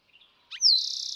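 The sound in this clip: Eastern Towhee song beginning with a soft note, a bright falling whistle, and a rapid trill still running at the end, with faint chirps before it.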